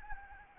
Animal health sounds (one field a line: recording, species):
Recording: mosquito wingbeat signal from an infrared sensor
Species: Anopheles arabiensis